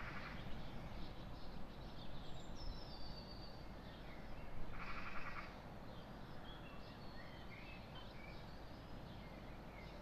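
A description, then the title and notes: Seaside-town birds call over a steady, dense murmur of air that fills the low end throughout. Short whistles and chirps come every second or two, with a louder harsh burst near the start and another around five seconds, then fading to the background hush. Sunrise birds in sea washed air. 5am, and nobody about, except for the birds in the murmuring air of a seaside town. This sound photograph, captured from behind the descending houses on St Johns Hill in Tenby, is spatial. There is some wind noise in this episode due to coastal conditions.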